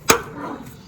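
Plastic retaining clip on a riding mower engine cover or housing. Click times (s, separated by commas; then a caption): 0.1 s. A plastic retaining clip on a riding mower engine cover is put back in place and pushed on until it snaps shut. A single sharp, loud snap at 0.1 s is followed by a short, faint ring-out. The clip is seated.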